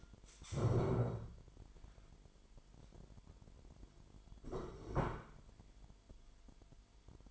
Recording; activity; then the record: daily activity, microphone in the room; stand up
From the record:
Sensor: 5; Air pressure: 998.6 hPa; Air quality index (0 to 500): 83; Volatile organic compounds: 1 ppm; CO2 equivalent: 951 ppm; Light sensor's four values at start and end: 47/115/48/53 and 47/113/47/52